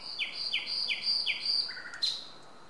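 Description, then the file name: Common nightingale singing four downslurred whistled notes in an even series over a steady high tone, ending with a lower note and a sharp high note. "Luscinia megarhynchos"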